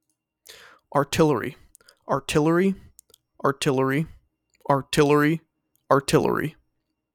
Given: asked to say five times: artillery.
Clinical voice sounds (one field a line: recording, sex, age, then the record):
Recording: repeated word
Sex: male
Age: 20 to 29 years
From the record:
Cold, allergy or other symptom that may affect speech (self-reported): no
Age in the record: 24 years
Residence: Maryland, United States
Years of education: 16